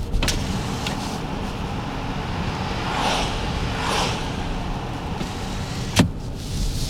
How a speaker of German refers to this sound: So, jetzt mache ich mal eben Fenster auf, damit man das mal